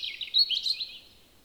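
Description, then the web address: European robin song fragment, a brief burst of high, jumbled twittering notes that fades out. "SETE data Erithacus rubecula"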